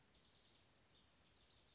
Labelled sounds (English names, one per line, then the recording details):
Western Flycatcher
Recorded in Sonoma County, California